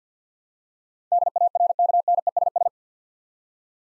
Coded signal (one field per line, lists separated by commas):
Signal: Morse code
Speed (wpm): 50 wpm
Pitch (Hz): 700 Hz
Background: none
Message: DARKNESS